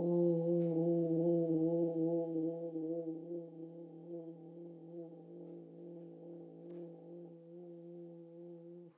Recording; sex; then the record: sustained vowel /u/; female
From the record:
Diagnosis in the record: healthy control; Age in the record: 72 years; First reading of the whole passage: 67 s, 7.5 characters per second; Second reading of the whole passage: 67 s, 7.5 characters per second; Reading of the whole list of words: 68 s, 4.2 characters per second